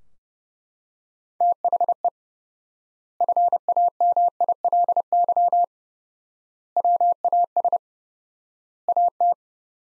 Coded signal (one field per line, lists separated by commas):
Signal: Morse code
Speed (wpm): 32 wpm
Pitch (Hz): 700 Hz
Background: none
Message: THE FAMILY WAS AT